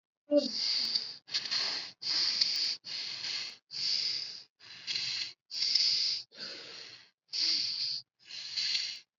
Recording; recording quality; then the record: shallow breathing; excellent, no background noise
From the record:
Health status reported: COVID-19 positive, mild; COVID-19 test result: positive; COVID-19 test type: RT-PCR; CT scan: not taken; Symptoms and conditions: cough, sore throat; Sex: female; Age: 18 years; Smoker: no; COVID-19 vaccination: both doses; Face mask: not worn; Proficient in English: yes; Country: India